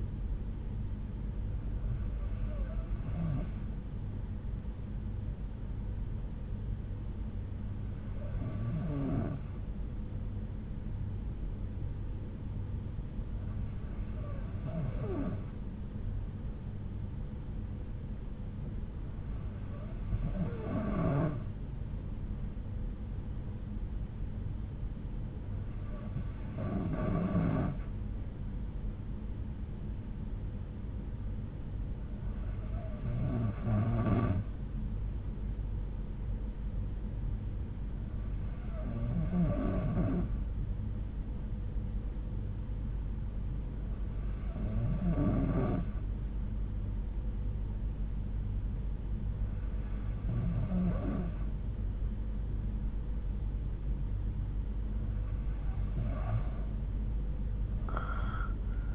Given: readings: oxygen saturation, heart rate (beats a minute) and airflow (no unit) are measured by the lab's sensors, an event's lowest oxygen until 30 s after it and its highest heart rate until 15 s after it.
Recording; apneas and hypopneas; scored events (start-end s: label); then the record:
breathing in sleep by a smartphone at the bedside; none
50.00-58.94 s: new sleep stage, N2 (light sleep)
From the record:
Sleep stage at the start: N3 (deep sleep); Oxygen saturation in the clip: 92 to 93%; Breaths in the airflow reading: 10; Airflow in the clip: -9.7 to 10.4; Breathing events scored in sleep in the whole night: 368 in 8.0 hours asleep